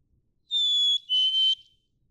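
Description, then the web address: Black-capped chickadee singing one sweet two-note whistle, steady high first note then a lower, slightly fuller second note. "birdsongforthecurious Black-capped Chickadee"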